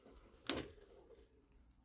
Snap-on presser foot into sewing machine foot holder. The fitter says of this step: Jeigu pataikėt, tai nuleidžiat kojelę žemyn, jinai užsifiksuos. Va, užsifiksavo.